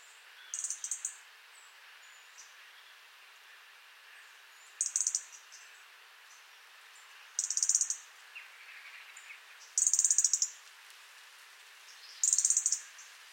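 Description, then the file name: European robin giving five high, fast ticking bursts, each under a second long, spaced a few seconds apart against soft background hiss. "Erithacus rubecula"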